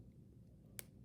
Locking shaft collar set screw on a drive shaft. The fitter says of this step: right there it'll sometimes make a little snap sound